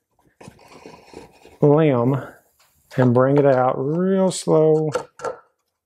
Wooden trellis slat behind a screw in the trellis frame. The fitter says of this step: the other side of that screw so it's locked into place now